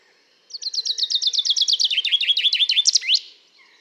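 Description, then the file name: Common chaffinch sings one phrase, cheerful repeated notes that descend into a lower run and close with an emphatic upward flourish; otherwise quiet. "Fringilla coelebs"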